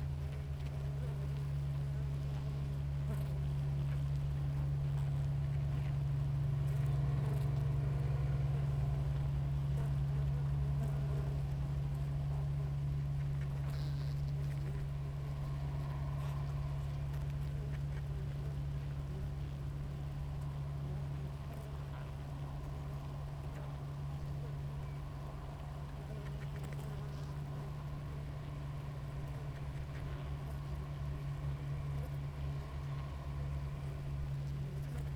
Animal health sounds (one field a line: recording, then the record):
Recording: honeybee colony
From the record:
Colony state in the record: active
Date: 28 July 2017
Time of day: 6:24